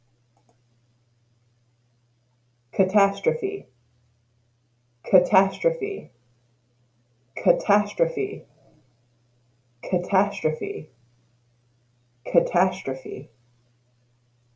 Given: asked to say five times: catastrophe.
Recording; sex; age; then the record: repeated word; female; 30 to 39 years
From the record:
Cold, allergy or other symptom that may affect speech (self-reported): yes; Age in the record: 38 years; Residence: Maine, United States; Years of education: 22